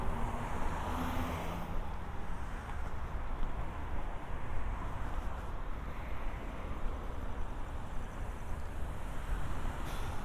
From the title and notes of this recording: Harbor to Apartment. A binaural recording of a walk from the San Diego County Admin Building to my apartment in Golden Hill.